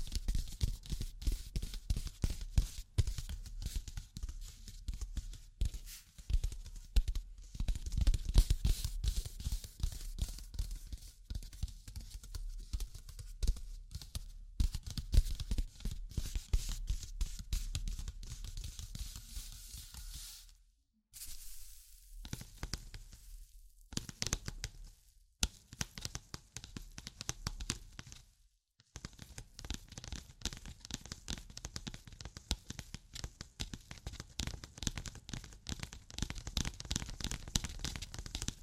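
Tapping and scratching sounds run almost continuously, a dense run of quick, crackly touches with a hissy, bright edge and some low thumps. Around 21 seconds the sound drops out abruptly, then returns in broken bursts with brief silences near 25 and 29 seconds before resuming steadily.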